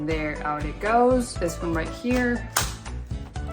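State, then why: Seated. A different plastic nozzle is fitted onto a PRETTYCARE P2 BLDC210W 20kPA LED touch-display cordless vacuum cleaner while someone talks over background music. A loud, sharp click at 2.6 s marks the nozzle seating into the vacuum body, followed by fainter taps. The nozzle is clicked firmly in place.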